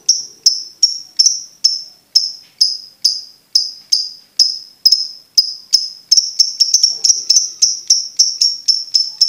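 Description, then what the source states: Lovebird uttering a long regular series of piercing chirps, speeding up slightly in the second half. Master recording meant for training birds to learn ngekek.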